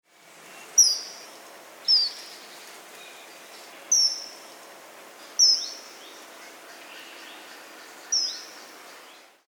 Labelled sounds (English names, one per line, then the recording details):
Common Kingfisher
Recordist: Frommolt, Karl-Heinz
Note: Flugrufe